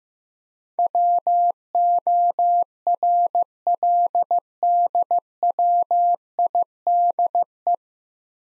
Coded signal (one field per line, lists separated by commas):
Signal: Morse code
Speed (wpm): 15 wpm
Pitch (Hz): 700 Hz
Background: none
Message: WORLDWIDE